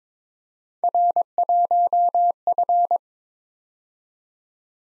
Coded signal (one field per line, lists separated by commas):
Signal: Morse code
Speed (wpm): 22 wpm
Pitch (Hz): 700 Hz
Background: none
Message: R1F